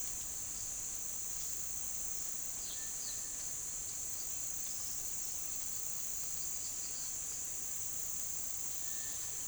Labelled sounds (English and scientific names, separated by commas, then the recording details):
none
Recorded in pastures near Puerto Asís, Putumayo, Colombia, on 22 June 2025 at 09:00
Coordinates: 0.466, -76.322
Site GP07